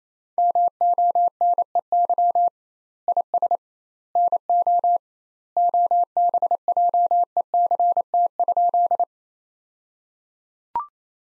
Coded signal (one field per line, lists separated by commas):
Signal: Morse code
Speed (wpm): 28 wpm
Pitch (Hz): 700 Hz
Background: none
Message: MONEY IS NO OBJECT?